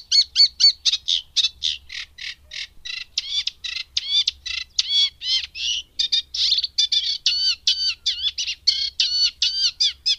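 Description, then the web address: Eurasian reed warbler song, an unbroken rhythmic chatter of rasping, repeated notes. "Madardalok Cd 3 Cserregő nádiposzáta"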